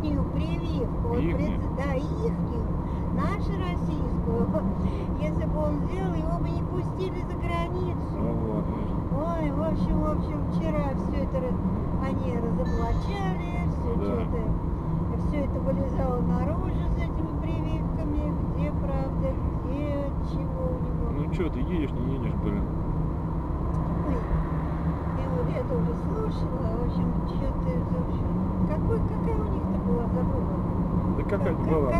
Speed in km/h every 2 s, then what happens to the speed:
54, 55, 56, 56, 57, 58, 57, 56, 54, 52, 52, 52, 56, 58, 60, 64.
0-22 steady at about 55. 22-32 speeds up to 64.